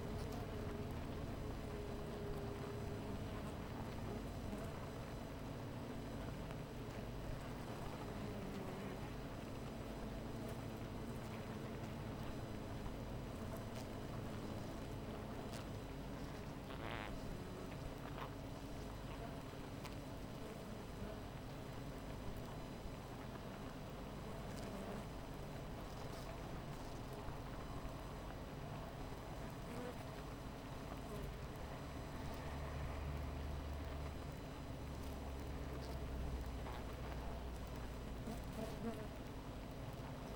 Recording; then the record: honeybee colony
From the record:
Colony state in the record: missing queen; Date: 14 July 2017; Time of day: 12:50